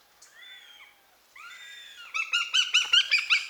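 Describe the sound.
Eurasian goshawk giving drawn-out wailing notes, then a rapid, loud series of harsh chattering notes that builds toward the end.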